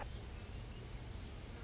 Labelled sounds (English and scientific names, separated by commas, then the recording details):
Song Sparrow (Melospiza melodia)
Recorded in Sonoma County, California